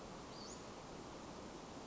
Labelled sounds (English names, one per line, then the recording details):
Western Flycatcher
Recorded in Sonoma County, California